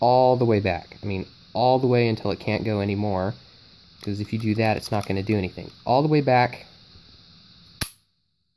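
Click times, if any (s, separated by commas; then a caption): 7.8 s. Someone talks while pulling the trigger of an unloaded Taurus PT111 G2 polymer-frame pistol all the way back, with the takedown levers pulled halfway up on both sides. A sharp click sounds at 7.8 s, and the steel slide comes free from the frame for takedown.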